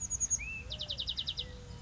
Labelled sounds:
Chestnut-backed Chickadee (Poecile rufescens)
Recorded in Sonoma County, California

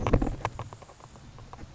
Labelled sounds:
Grasshopper Sparrow (Ammodramus savannarum)
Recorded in Sonoma County, California

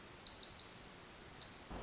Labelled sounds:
Pacific Wren (Troglodytes pacificus)
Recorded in Sonoma County, California

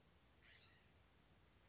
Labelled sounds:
California Scrub-Jay (Aphelocoma californica)
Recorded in Sonoma County, California

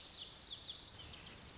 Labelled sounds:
Lazuli Bunting (Passerina amoena)
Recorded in Sonoma County, California

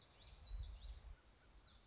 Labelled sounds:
Common Yellowthroat (Geothlypis trichas)
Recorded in Sonoma County, California

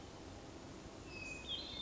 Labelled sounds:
Hermit Thrush (Catharus guttatus)
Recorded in Sonoma County, California

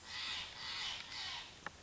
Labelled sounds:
Steller's Jay (Cyanocitta stelleri)
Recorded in Sonoma County, California

